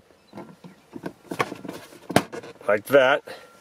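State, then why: Not seated. Someone talks while handling the refitted glove box door of a 2010-17 Chevrolet Equinox, whose latch goes into the dashboard striker, with a few short knocks among the speech. Nothing has seated or clicked yet; the clip ends just before the latch catches.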